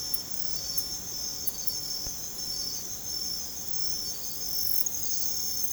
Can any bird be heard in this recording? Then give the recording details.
no. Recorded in secondary vegetation near Puerto Asís, Putumayo, Colombia, on 20 December 2024 at 00:00. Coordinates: 0.468, -76.324. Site G095